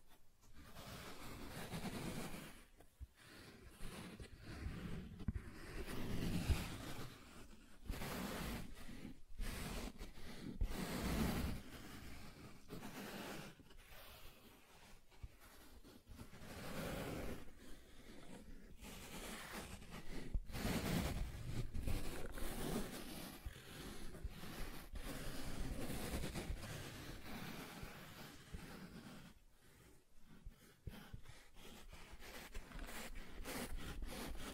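Soft tracing across smooth and rough surfaces, a continuous rubbing and scraping that swells and eases in slow strokes. The texture is dense and grainy, fuller in the low range, with brief quieter gaps around 3, 10 and 29 seconds.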